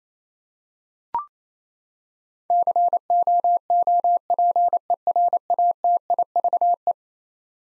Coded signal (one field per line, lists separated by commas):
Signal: Morse code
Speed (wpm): 27 wpm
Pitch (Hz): 700 Hz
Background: none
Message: COOPERATIVE